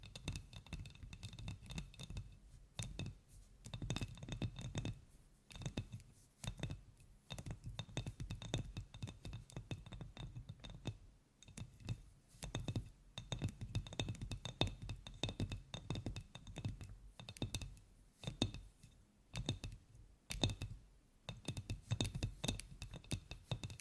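ASMR tapping: fast, dense runs of crisp taps and light clicks, some with a glassy clink, go on for the whole stretch. The bursts come in clusters with short gaps, the longest around eleven seconds in, over a soft low rumble underneath.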